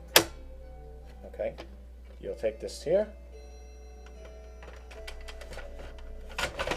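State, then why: Seated. Someone talks while a toner cartridge and drum assembly is slid into a Brother HL-2240 laser printer until it locks in. Faint sliding and scraping sounds lead up to a sharp snap at 6.4 s as the assembly seats in place.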